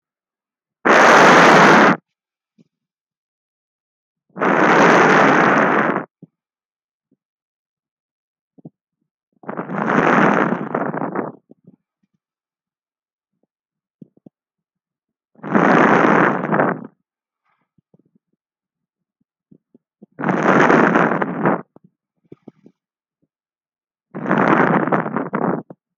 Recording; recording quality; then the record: deep breathing; excellent, no background noise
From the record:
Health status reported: healthy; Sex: male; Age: 29 years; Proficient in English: yes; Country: India